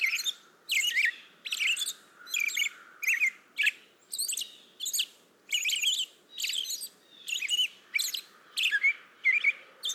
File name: American Robin